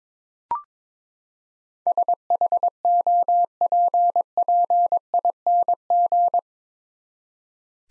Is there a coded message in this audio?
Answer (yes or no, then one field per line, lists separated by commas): yes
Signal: Morse code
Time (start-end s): 1.9-6.4 s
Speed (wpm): 22 wpm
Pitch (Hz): 700 Hz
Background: none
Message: SHOPPING